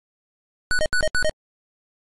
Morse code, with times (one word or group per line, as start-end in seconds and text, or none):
none